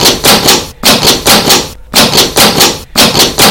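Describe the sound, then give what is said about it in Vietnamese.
Hard, rapid banging on the door of a hall room in loud bursts of several blows, each burst separated by a brief pause, with no voices. “Hình lại chạy về trước cửa buồng sảnh, đập cửa thật mạnh.”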